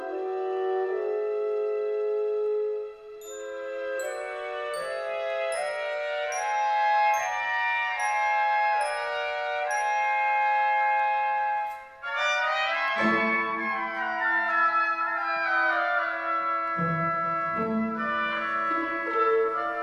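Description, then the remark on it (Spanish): A short instrumental music interlude between segments of a program, by a Madrid composer, with a sustained melodic line and a run of bright, regularly spaced chiming notes, then a sudden shift at about twelve seconds into a fuller, busier passage. No voices. “La música interbloques de este desinformativo número 264 es de María Rodrigo Bellido”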